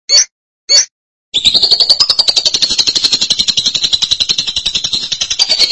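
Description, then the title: Lovebird call: two short squeaky high notes, a pause, then a sustained rapid pulsed chatter lasting over four seconds. "BM Suara Burung Lovebird"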